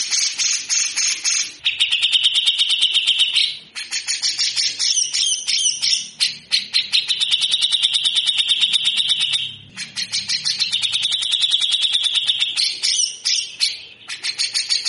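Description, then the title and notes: Grey-cheeked bulbul repeating harsh rasping rattles, dense pulse trains lasting a few seconds each, separated by brief gaps and scratchy high notes. Masteran training song of a frequently singing (gacor) bird with long, coarse besetan (harsh rasping) passages. "MASTERAN CUCAK JENGGOT GACOR FULL BESETAN KASAR DURASI PANJANG. Burung cucak jenggot"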